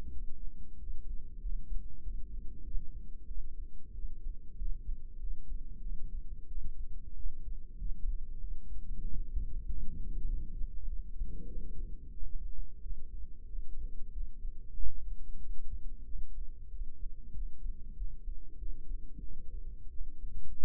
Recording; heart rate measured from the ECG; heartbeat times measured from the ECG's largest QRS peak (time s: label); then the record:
heart sounds by microphone in the right ear; 94 bpm
0.12 s: heartbeat
0.79 s: heartbeat
1.41 s: heartbeat
2.02 s: heartbeat
2.63 s: heartbeat
3.27 s: heartbeat
3.94 s: heartbeat
4.57 s: heartbeat
5.19 s: heartbeat
5.81 s: heartbeat
6.47 s: heartbeat
7.15 s: heartbeat
7.77 s: heartbeat
8.40 s: heartbeat
9.02 s: heartbeat
9.68 s: heartbeat
10.28 s: heartbeat
10.88 s: heartbeat
11.47 s: heartbeat
12.13 s: heartbeat
12.82 s: heartbeat
13.48 s: heartbeat
14.12 s: heartbeat
14.75 s: heartbeat
15.39 s: heartbeat
16.05 s: heartbeat
16.71 s: heartbeat
17.34 s: heartbeat
17.96 s: heartbeat
18.58 s: heartbeat
19.21 s: heartbeat
19.91 s: heartbeat
20.58 s: heartbeat
From the record:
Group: healthy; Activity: rest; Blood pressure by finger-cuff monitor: 93/61 mmHg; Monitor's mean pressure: 75 mmHg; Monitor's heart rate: 94 bpm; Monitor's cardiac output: 8 L/min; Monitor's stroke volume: 86 mL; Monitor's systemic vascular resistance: 680 dyn s/cm5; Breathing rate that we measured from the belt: 20 breaths a minute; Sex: female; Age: 22 years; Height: 161 cm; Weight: 65.5 kg